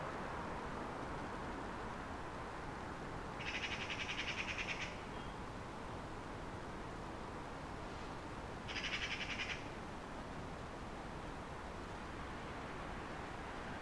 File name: Pica pica